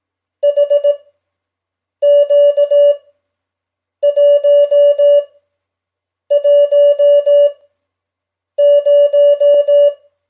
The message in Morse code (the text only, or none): HQ110